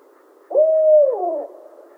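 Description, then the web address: Barred owl with one long hoot, held steady for about half a second and then sliding down in a shaky slur; nothing else audible beyond soft hiss. Recorded 28 July 2011. "Barred Owl 2011 07 28"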